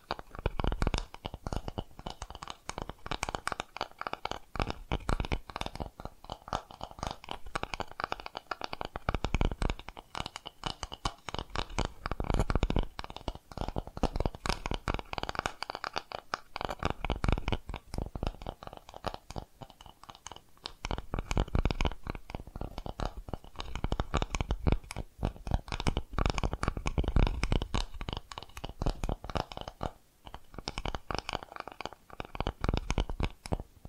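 Dense, rapid tapping and scratching bursts continue without pause across the whole recording, with low rumbling thumps and bright crackly edges throughout.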